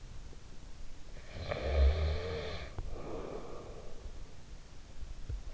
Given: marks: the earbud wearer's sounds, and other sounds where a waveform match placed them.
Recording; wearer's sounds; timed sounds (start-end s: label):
sounds in sleep by an in-ear microphone; snoring breath
0.82-4.42 s: snoring breath